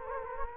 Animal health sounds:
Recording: mosquito wingbeat signal from an infrared sensor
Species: Anopheles gambiae

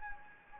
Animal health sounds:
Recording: mosquito wingbeat signal from an infrared sensor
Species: Anopheles gambiae

